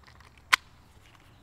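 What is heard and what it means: A rotary rimfire magazine, taken from the rifle's stock, is inserted into the rifle's magazine well. After a faint, quiet handling tick at 0.3 s, one loud, sharp, broadband click sounds at 0.5 s as the magazine latches and seats. Then only low background noise remains.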